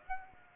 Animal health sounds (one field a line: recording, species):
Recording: mosquito wingbeat signal from an infrared sensor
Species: Aedes aegypti